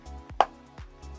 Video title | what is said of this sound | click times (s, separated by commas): Meta Quest 3 VR Headset Zenni vs Honsvr Insert Prescription Lenses - Watch Before You Buy | there we go other click it's only one click | 0.4 s